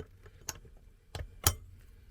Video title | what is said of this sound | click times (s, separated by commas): How to replace the atomizer screen in an Espar D2 diesel heater DIY | you go you hear a click so | 1.5 s